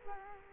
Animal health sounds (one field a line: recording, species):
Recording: mosquito wingbeat signal from an infrared sensor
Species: Culex quinquefasciatus